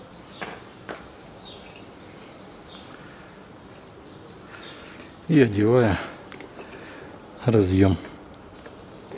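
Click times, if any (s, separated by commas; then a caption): none. An electrical connector is being fitted onto the fuel pump module's plug in the tank during a fuel pump replacement on a 2009 Ford Focus II 1.6, but the connector has not seated or clicked yet. A few faint handling knocks are heard early on over a quiet background, and someone talks in two short bursts in the second half.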